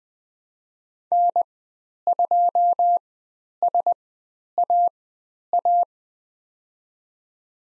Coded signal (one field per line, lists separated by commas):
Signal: Morse code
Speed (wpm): 20 wpm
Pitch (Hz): 700 Hz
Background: none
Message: N2SAA